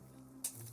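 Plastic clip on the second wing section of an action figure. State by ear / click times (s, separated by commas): seated / 0.4 s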